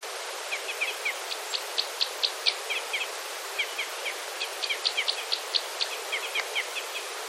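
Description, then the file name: Red crossbill calls: bursts of sharp, high chips, partly veiled by a loud background hiss. "isuka"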